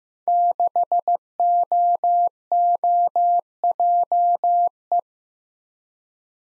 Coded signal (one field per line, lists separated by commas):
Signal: Morse code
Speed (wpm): 15 wpm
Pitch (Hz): 700 Hz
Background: none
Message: 6OOJE